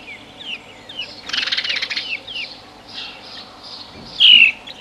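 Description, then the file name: House sparrow calls, scattered short downslurred notes and a brief noisy burst, with one loud ringing chirp near the end. "Passer domesticus"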